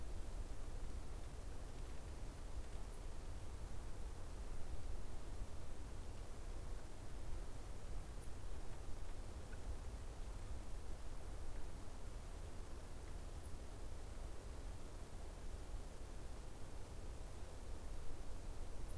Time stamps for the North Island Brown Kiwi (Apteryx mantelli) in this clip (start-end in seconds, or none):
none